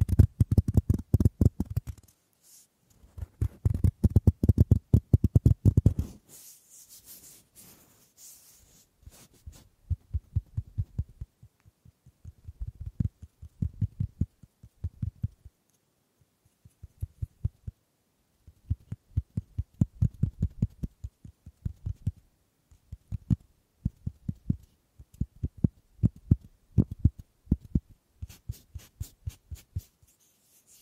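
Wood triggers: rapid wooden tapping and clicking in dense bursts, with a heavy run of taps in the first six seconds. A brief bright scratchy brushing sound follows around six to nine seconds, then shorter clusters of taps with pauses continue to the end.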